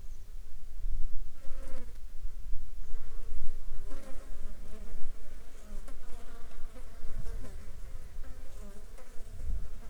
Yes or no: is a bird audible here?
no